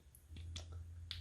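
A blade or head piece of a QULEM wet/dry electric head shaver is fitted back into the shaving head assembly while the shaver is being reassembled after cleaning. A few faint clicks and ticks near 0.2, 0.4, 0.6 and 0.7 s sit over a steady low hum, then a sharp snap at 1.1 s marks the piece seating into place.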